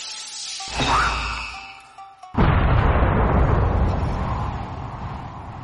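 A deep whooshing surge builds, then a sudden massive explosion from a full-force punch bursts out by the sea, leaving a loud, wide rumbling roar that slowly fades over several seconds.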